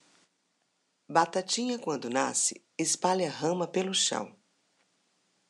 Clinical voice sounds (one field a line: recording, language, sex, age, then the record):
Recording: short text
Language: Brazilian Portuguese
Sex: female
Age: 50 to 59 years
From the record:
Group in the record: control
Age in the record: 55 years